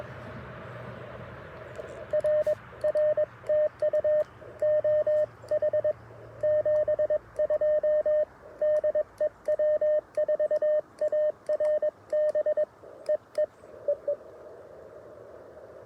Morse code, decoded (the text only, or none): R R TU OH 72 DE W4ARB EE EE